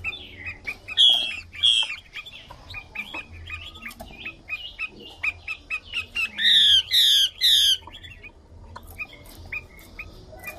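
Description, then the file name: Chinese hwamei song: loud slurred whistles, a stretch of quick chattering notes, then three strong slurred whistles before quieter twittering. Female hwamei singing. "Tieng chim hoa mi mai hot"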